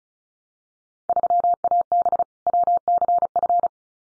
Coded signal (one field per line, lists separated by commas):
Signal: Morse code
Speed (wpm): 36 wpm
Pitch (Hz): 700 Hz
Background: none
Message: 3AB WCF